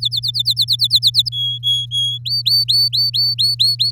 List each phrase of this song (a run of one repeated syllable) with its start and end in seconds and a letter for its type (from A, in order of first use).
0.00-1.29 A, 1.32-2.18 B, 2.25-3.91 C